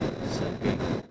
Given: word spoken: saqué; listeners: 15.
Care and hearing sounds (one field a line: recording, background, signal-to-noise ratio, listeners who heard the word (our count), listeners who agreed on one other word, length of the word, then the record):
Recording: one Spanish word in noise, from a listening test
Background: noise modulated by three-talker babble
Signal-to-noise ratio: -7.9 dB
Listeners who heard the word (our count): 3 of 15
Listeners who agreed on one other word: 6 of 15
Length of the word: 0.72 s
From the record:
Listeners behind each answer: 6, 3, 1, 1, 1, 1, 1, 1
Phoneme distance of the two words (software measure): 42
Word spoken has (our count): 2 syllables, 4 phonemes, stress on syllable 2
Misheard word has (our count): 2 syllables, 6 phonemes, stress on syllable 2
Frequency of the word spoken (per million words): 4.44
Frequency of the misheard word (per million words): 56.25